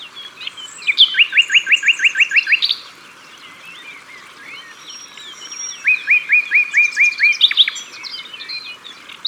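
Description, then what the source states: Common nightingale singing two strophes, each a rapid series of about eight repeated notes, separated by a pause. Recorded at the water's edge.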